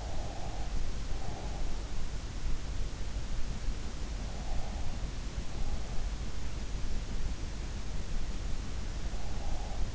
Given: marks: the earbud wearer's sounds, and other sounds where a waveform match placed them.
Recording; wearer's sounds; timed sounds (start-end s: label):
sounds in sleep by an in-ear microphone; breath
0.00-1.60 s: breath